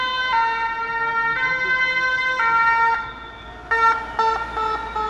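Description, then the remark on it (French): A fire truck of striking firefighters, marked all over with strike slogans, passes protesters at the Rouen rectorate in January 2020; its siren is a loud two-tone wail switching steadily between high and low pitches over a rumbling street background, with a few quicker changes toward the end. “Et les pompiers en grève qui passent en saluant les manifestants avec un camion complètement marqué de slogans de grève.”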